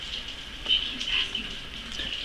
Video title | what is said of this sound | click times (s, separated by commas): Laptop screen replacement / How to replace laptop screen [Asus G74SX-XR1] | I'm going to fold back the tape and just lock it right into place | 1.3 s, 1.7 s